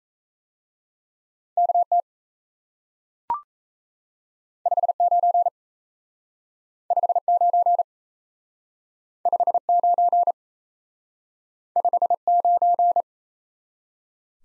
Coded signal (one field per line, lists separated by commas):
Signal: Morse code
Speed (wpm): 36 wpm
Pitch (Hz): 700 Hz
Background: none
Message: KT 59 59 59 59